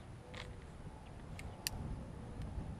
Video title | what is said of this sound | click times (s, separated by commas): 35 Round Echelon Magazine? | locked into place so that's good Magazine's not going anywhere | 1.7 s